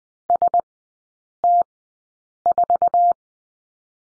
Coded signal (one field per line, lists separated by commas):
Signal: Morse code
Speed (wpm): 20 wpm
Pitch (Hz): 700 Hz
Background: none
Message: ST4